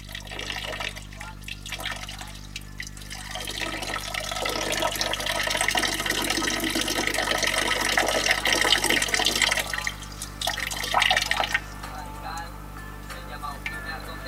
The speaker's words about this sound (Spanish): El Ebro sigue sonando.